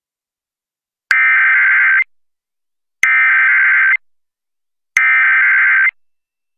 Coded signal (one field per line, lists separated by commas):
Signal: Emergency Alert System (SAME) tones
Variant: header bursts